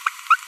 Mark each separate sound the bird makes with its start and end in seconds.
0.06-0.09